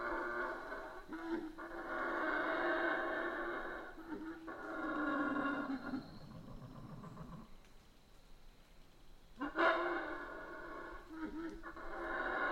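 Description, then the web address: Colombian red howler monkey roaring in rasping bursts, broken by a quiet gap before a sudden loud roar returns near the end. Recorded in Guatemala. "bugio colombiano gravado na guatemala"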